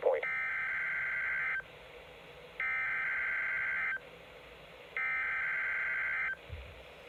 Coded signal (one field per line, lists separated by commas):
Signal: Emergency Alert System (SAME) tones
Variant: header bursts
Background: speech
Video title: EAS Capture #82 - NWR Required Weekly Test